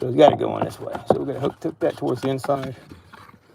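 Someone talks while handling the plastic linkage arm of the mode door air actuator on a 2001–2011 Honda Accord, hooking it toward the inside to fit onto its pivot on the HVAC heater box. Faint brief ticks come at about 3.1 s and 3.3 s as the talking trails off. Nothing has seated or clicked into place yet.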